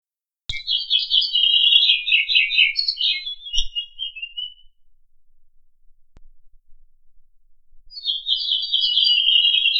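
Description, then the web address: Nightingale singing a long, varied warbling phrase with rapid trills that trails off, then a pause before another bright, buzzy trilled phrase begins. Lipovka, May 2013. "lipovka 2013 May solovei"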